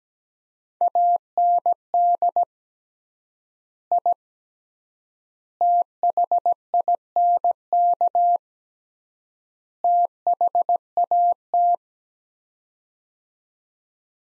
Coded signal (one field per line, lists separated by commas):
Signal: Morse code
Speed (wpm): 17 wpm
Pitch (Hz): 700 Hz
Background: none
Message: AND I THINK THAT